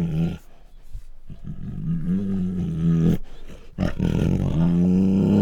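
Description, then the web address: Bengal tiger growling low and continuously, a grinding snarl that briefly breaks off, then resumes louder and harsher. Female Bengal tiger snarling and growling. "Sound Ideas Tigers Sound Effects"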